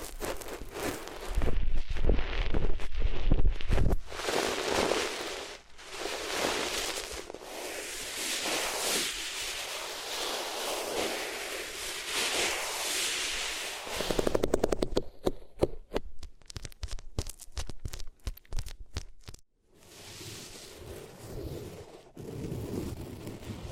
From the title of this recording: Rubbing Your Ears on Different Materials